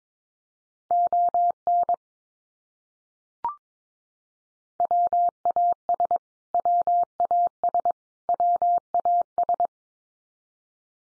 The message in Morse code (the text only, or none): ON WAS WAS WAS